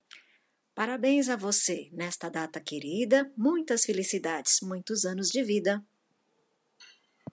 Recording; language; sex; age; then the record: short text; Brazilian Portuguese; female; 50 to 59 years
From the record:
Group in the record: control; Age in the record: 56 years